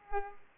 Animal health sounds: mosquito wingbeat signal from an infrared sensor; Culex pipiens

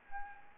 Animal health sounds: mosquito wingbeat signal from an infrared sensor; Anopheles gambiae

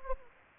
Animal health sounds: mosquito wingbeat signal from an infrared sensor; Anopheles gambiae

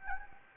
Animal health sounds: mosquito wingbeat signal from an infrared sensor; Anopheles gambiae

